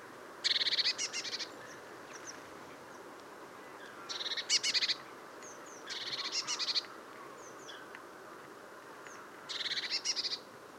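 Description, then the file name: Eurasian blue tit gives four bursts of quick, high churring notes, each about a second long, separated by pauses, over a soft background hiss. "Cyanistes caeruleus"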